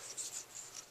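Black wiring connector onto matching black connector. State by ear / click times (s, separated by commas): not seated / none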